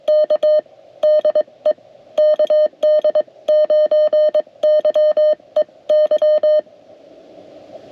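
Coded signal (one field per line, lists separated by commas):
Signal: Morse code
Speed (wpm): 22 wpm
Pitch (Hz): 610 Hz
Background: none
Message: K DE KD9YEY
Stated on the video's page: CW activation made during a trip in Michigan, with some contacts completed.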